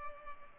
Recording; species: mosquito wingbeat signal from an infrared sensor; Culex pipiens